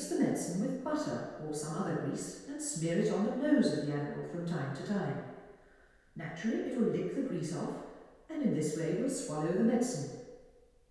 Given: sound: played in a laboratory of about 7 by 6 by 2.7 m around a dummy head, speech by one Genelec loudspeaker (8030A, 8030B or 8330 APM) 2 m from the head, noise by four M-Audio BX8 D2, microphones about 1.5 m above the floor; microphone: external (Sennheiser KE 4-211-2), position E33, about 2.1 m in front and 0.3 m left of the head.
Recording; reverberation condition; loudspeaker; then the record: female speech in English; high; 120 degrees to the right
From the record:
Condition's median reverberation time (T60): about 1300 ms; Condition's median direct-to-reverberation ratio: about -4.0 dB